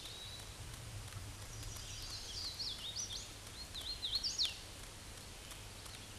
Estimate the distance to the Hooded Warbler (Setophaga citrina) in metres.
about 45 m